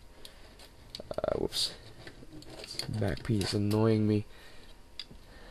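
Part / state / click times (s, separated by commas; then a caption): figure back piece into figure body / seated / 5.0 s. A back piece is pushed into the body of an action figure while someone talks. A sharp tick at 5.0 s marks the piece locking into place, and the part is seated.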